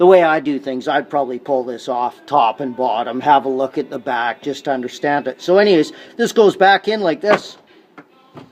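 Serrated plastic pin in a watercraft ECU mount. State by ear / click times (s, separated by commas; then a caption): seated / 8.0 s, 8.4 s. Someone talks while the ECU cover of an Ultra 300/310 watercraft is pushed back onto its mount. Near the end, two short, sharp clicks at 8.0 s and 8.4 s are heard as the cover's serrated plastic pins, which grip like serrated screws, snap into place. The pins are confirmed seated.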